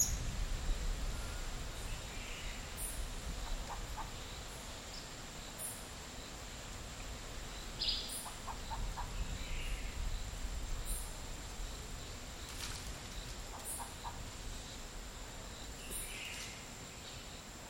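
Midday in a Costa Rican dry forest: a steady low rumble and hiss underlie short, sparse bird calls. Quick triple chirps recur about every five seconds, with brief bright squeaks and scratchy bursts scattered throughout, and a thin constant high whine above.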